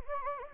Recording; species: mosquito wingbeat signal from an infrared sensor; Anopheles gambiae